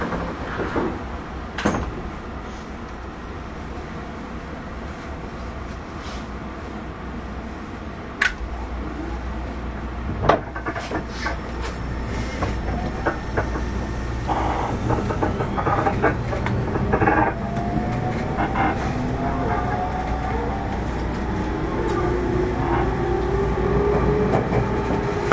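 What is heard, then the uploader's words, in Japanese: A Tobu 30000 series train running between Shibuya and Azamino, with a steady low rumble throughout. A few sharp clicks and knocks land in the first ten seconds, then the motor's whine climbs in pitch after about fifteen seconds as the train gathers speed and grows louder. 東武30000系 渋谷〜あざみ野。車体20m両開き4ドア。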